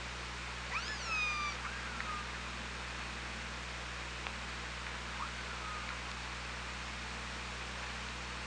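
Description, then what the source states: Killer whale calls: a harmonic-rich tonal call sweeping upward then levelling off early on, fainter tones later, over steady underwater hiss and low hum. Recorded on the OrcaLab hydrophone on 24 August 2017 at 16:01:42.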